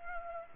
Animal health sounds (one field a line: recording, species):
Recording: mosquito wingbeat signal from an infrared sensor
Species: Culex pipiens